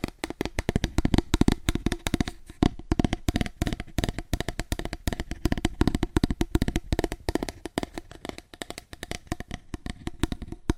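Fast, aggressive tapping on cardboard, a dense stream of sharp, dull knocks with a strong low thud, slightly sparser toward the end.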